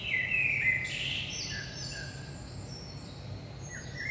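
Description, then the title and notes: Common blackbird giving a sliding whistled phrase followed by a high rasping twitter, then a quiet pause before another note, over low hum. Blackbird at 5 am, early morning, in Saint-Gilles, Belgium; recorded with DPA 4060 microphones in AB position into a Zoom F3. "Saint-Gilles, Belgique - 5am Blackbird. Blackbird in the morning. Merle au petit matin"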